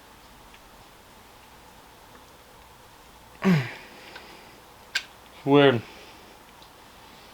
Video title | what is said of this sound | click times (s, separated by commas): Bulletproofing My E36 With This $13 Mod! | I guess this thing doesn't click the other way. | none